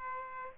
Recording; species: mosquito wingbeat signal from an infrared sensor; Aedes aegypti